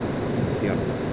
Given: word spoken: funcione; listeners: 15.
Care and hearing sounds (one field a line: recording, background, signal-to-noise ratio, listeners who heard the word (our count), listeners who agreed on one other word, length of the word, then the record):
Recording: one Spanish word in noise, from a listening test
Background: speech-shaped noise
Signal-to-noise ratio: -5.4 dB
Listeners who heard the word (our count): 0 of 15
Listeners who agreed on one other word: 6 of 15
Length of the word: 0.74 s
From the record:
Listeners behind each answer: 6, 2, 1, 1, 1, 1, 1, 1, 1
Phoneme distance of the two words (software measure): 7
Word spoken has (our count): 3 syllables, 8 phonemes, stress on syllable 2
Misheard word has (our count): 2 syllables, 7 phonemes, stress on syllable 2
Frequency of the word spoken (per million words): 4.81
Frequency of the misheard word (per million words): 145.17